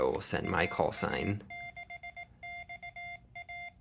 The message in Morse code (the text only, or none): AA6XA